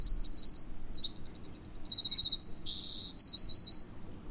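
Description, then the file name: Eurasian wren singing a rapid, high-pitched run of trills, chattering notes and quick twitters, changing pace several times within four seconds. "Troglodytes troglodytes"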